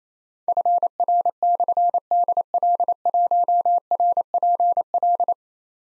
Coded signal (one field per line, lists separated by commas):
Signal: Morse code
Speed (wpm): 29 wpm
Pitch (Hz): 700 Hz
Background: none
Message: FR/DL1RPL